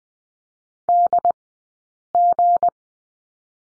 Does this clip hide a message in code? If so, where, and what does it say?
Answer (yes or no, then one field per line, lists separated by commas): yes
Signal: Morse code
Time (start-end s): 0.9-2.7 s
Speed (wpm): 20 wpm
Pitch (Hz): 700 Hz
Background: none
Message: DG